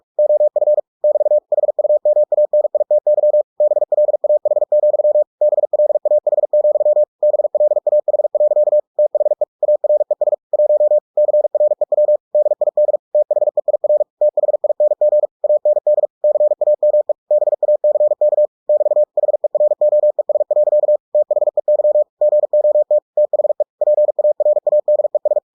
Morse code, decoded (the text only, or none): OF <BT> HUMANITY BLAH, BLAH, BLAH. THE ARES 1 CREW DID THEIR THING AND CAME BACK <BT> HEROES. THEY GOT THE PARADES